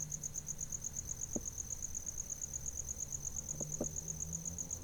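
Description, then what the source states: Cricket gives a shrill, rapidly pulsed trill without pause, with a few soft knocks and a low background rumble. Recorded at night.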